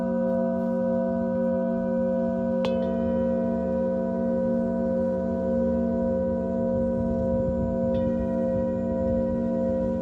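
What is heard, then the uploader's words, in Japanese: Singing bowls ring in a long, steady drone of layered tones for sound healing. Near 2.6 seconds a bowl is struck with a bright attack, adding fresh overtones, and another strike follows around 8 seconds, both blooming into the sustained hum. メキシコから シンギングボウルのサウンドヒーリング ライブ。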